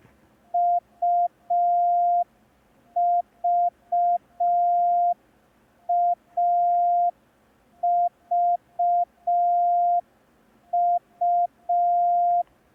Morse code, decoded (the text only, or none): UVAVU